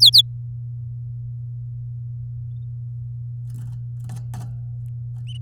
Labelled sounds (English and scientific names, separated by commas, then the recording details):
Domestic Canary (Serinus canaria) song
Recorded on 9 May 2018 at 11:55
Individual llb16